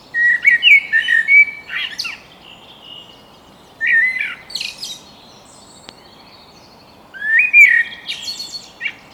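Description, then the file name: Common blackbird repeating three fluted song phrases a few seconds apart, each ending in a high, scratchy flourish. "Turdus merula"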